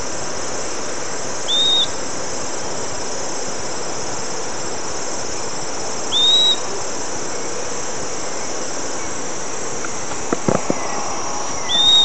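Bird calls: short upslurred whistles, repeated roughly every five seconds over a steady hiss, with a few faint clicks near the end.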